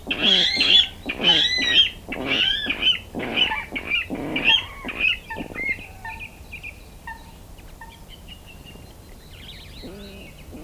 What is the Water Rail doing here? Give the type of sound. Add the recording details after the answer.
call. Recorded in the wild. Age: adult. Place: Parsteiner See, Brandenburg, DE. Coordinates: 52.9697, 13.9775. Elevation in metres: 40. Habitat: sedge. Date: 2006-04-12. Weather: wolkig, ca. 5°C, schwacher Wind aus SO. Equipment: Marantz PMD 671, Sennheiser MKH 70, Popschutz. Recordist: Frommolt, Karl-Heinz